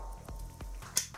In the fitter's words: ya une petite il ya des petites encoches ici en dessous qui viennent se clipser dans le châssis voyaient eux voyez